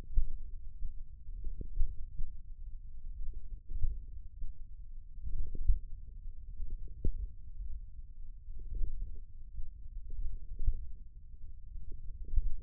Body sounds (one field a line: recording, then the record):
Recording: forearm muscle sounds (acoustic myography)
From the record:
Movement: tripod grip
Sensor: system 1, eight BSWA MPA416 microphones around the upper forearm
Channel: 6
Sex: male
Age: 28 years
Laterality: right